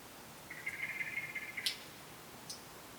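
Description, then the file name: Common blackbird with one fast, level rattling trill of about a second, ending in a sharp click, then a faint tick. "Turdus merula"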